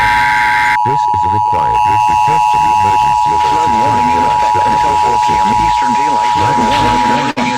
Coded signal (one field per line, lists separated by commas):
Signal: Emergency Alert System (SAME) tones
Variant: 853 and 960 Hz attention tone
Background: speech